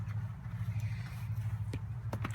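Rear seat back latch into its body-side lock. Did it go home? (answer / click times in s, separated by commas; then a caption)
yes / 2.2 s. On a 2017 Audi Q5 2.0T, the folded rear seat back is pushed upright until its latch engages its body-side lock, over a steady low hum. A cluster of sharp hits comes at about 1.7, 2.1, 2.3 and 2.3 seconds, with the loudest at 2.3 seconds being the latch. The seat back is latched in place.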